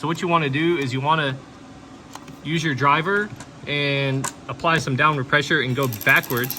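A bolt is being started into a threaded hole in a tight spot in the engine bay with a driver, pressed downward and turned backwards so the thread start can drop into engagement and avoid cross-threading. Someone talks throughout, with a couple of brief sharp mechanical ticks around 2.2 s and 2.3 s. The clip ends before the bolt goes home, and nothing has seated or clicked yet.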